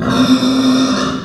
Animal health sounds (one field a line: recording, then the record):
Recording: squeal of a Yucatan mini pig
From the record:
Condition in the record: after surgery on the right vocal fold (resection and tissue-engineered implant)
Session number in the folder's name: 12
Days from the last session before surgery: 105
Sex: female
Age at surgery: 19 weeks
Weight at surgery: 25 kg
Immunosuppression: prednisolone